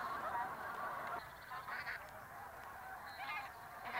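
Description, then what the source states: Bean Goose cackles in a babbling flock, overlapping honking notes that swell and fade, with a louder burst at the very end. Flocks in flight give indistinct cackling or babbling, to untrained ears like other goose flocks; a single bird's flight call is a two- or three-syllable cackle; Finnish nickname metsuri.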